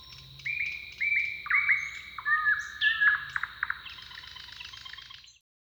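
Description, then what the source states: Bird song: slurred whistled phrases, sliding and buzzy, then a run of rapid trilled notes, over a steady high hiss and faint low hum. Song duel between neighbouring males.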